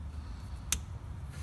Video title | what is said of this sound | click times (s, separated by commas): YOUR GOING TO LOVE THIS hilux timing belt so easy to change | you heard that that clicked back into the clamp where it's meant to be | 0.7 s